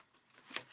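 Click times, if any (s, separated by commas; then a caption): 0.6 s. The magnetic closure flap of a paper folio album is swung shut against the cardstock. After a faint papery rustle around 0.4 s, a sharp, bright snap is heard at 0.6 s, followed by a softer tap at 0.7 s. The flap seats and snaps firmly into place.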